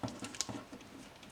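Two yellow plastic buckles on a transforming robot-dinosaur toy are pressed tight into the sockets on both sides of its chest, pushed all the way in so they hold the parts like pulled tendons. Soft plastic knocks at about 0.0, 0.2 and 0.4 seconds lead into a sharp, bright snap at 0.4 seconds as a buckle seats in its socket, followed by quieter handling.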